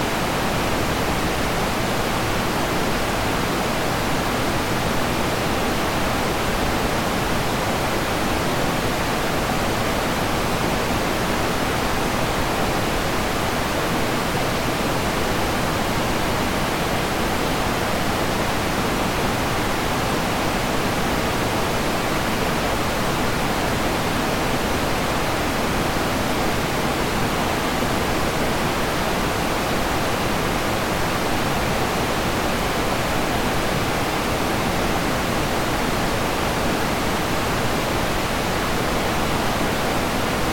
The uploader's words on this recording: Static noise and steady fans blend for the perfect variation of white noise to drown out any distractions.